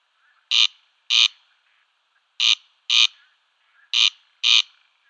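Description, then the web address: Corn crake rasping display call: three doubled crex-crex bursts with pauses between them against a quiet background. "Schulze Peter Corn Crake display"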